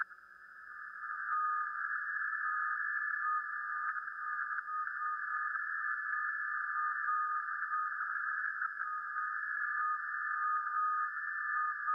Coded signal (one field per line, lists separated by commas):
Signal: FT8